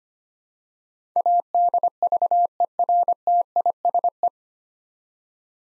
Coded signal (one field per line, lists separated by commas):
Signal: Morse code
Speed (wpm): 25 wpm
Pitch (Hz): 700 Hz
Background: none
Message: ADVERTISE